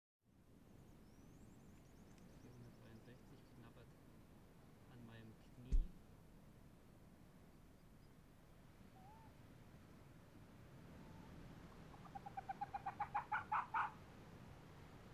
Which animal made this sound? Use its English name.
Arctic Fox